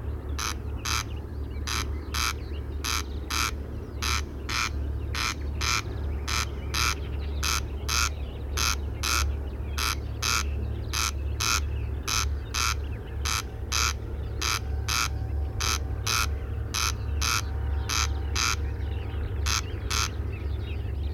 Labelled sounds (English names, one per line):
Corn Crake call